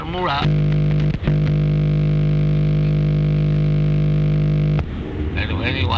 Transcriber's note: interference